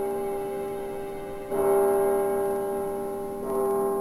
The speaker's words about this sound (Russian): Привезенные из Нидерландов часы пробили 12, когда пришел Флэг.